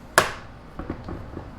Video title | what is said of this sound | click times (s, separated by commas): Dewalt DCHT820 Hedge Trimmer Tool Features | and then you just slide until you hear it click into place | 0.2 s